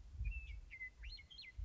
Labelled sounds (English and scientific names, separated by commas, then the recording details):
Western Meadowlark (Sturnella neglecta)
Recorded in Sonoma County, California